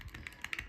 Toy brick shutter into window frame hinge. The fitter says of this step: There it comes. Hear it. Click. Click. There.